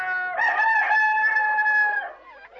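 A rooster lets out one long, loud crow, a bright harmonic call held steady for about two seconds before trailing off, with no talking.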